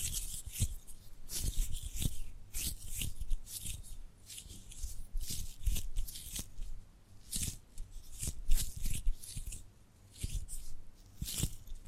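Tapping and gripping sounds, a busy run of soft taps, scrapes and rustles that come in quick irregular clusters with brief pauses near 7 and 10 seconds. The taps are crisp and bright, with a low thump under some of them, and a faint hum lies beneath throughout.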